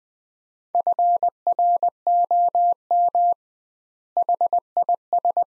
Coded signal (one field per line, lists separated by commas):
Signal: Morse code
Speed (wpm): 20 wpm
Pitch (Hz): 700 Hz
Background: none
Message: FROM HIS